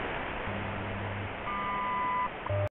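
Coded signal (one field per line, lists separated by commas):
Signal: radio time signal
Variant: WWV and WWVH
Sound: static hiss with a low hum, then overlapping steady beeps, then a lower tone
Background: radio static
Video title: WWV male WWVH female 10MHz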